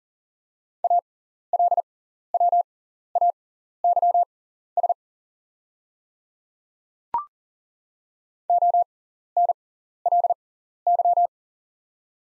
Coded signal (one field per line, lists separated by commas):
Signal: Morse code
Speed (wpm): 40 wpm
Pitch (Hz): 700 Hz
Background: none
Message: ALWAYS ONLY